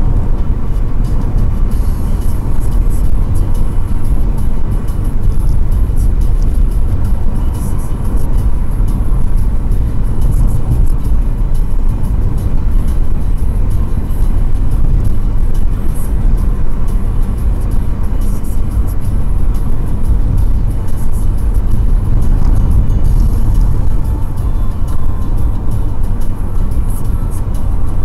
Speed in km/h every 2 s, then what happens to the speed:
95, 95, 91, 90, 90, 89, 93, 93, 94, 91, 92, 91, 90, 88.
0-28 steady at about 91.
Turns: none.